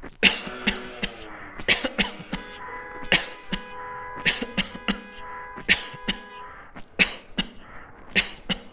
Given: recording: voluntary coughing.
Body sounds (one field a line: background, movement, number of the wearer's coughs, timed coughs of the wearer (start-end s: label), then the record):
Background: traffic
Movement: sitting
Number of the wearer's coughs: 17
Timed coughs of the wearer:
0.20-0.56 s: cough
0.64-0.91 s: cough
1.01-1.10 s: cough
1.65-1.92 s: cough
1.96-2.26 s: cough
2.30-2.45 s: cough
3.09-3.41 s: cough
3.51-3.65 s: cough
4.23-4.48 s: cough
4.55-4.78 s: cough
4.85-5.05 s: cough
5.67-5.97 s: cough
6.06-6.22 s: cough
6.97-7.18 s: cough
7.36-7.51 s: cough
8.13-8.32 s: cough
8.48-8.63 s: cough
From the record:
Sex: male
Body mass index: 22.0 kg/m2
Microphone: on the chest, facing the body